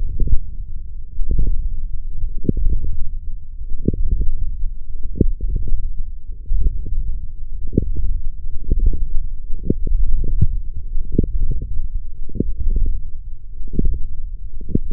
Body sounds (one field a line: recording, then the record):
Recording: forearm muscle sounds (acoustic myography)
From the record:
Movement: wrist flexion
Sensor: system 1, eight BSWA MPA416 microphones around the upper forearm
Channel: 6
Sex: male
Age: 21 years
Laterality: right